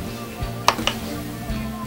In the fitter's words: as you can see i can hear some snap sound